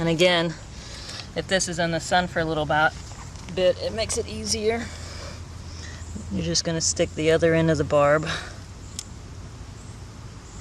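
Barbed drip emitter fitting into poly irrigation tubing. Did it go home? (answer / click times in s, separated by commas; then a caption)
no / none. Someone talks while handling a plastic barbed drip-irrigation emitter fitting, about to push its other end straight into poly irrigation tubing, with a brief sharp tick near 9.0 s. Nothing has seated or clicked into the tubing yet.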